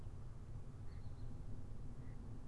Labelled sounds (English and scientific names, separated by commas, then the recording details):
Mallard (Anas platyrhynchos)
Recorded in Germany
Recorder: ecoPi